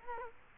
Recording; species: mosquito wingbeat signal from an infrared sensor; Culex quinquefasciatus